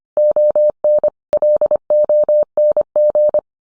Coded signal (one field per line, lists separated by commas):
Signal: Morse code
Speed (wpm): 25 wpm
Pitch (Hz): 600 Hz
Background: none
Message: ON LONG